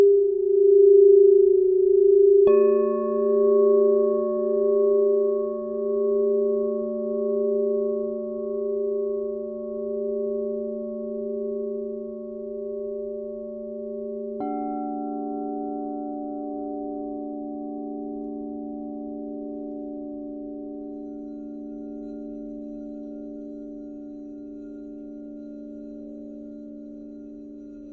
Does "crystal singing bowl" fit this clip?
yes